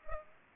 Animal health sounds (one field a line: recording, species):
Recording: mosquito wingbeat signal from an infrared sensor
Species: Aedes aegypti